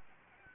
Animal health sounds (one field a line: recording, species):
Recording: mosquito wingbeat signal from an infrared sensor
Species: Anopheles gambiae